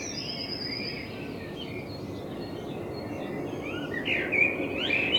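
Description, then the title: Common blackbird song, quiet at first, then a louder fluted phrase with high twitter near the end, over constant low noise. Binaural dummy-head recording made in front of the recordist's window with a homemade dummy head, intended for headphone listening. "Kunstkopfaufnahme der Amsel vor meinem Fenster"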